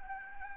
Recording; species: mosquito wingbeat signal from an infrared sensor; Anopheles gambiae